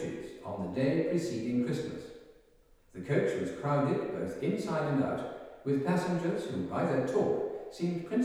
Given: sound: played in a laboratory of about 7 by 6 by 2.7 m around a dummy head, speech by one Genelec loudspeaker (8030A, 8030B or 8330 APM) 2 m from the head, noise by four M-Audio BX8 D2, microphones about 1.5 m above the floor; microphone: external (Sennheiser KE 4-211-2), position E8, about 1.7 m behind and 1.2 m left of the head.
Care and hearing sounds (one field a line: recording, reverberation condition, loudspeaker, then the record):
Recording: male speech in English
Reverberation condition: high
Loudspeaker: in front (0 degrees)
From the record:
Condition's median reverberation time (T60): about 1300 ms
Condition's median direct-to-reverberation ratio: about -4.0 dB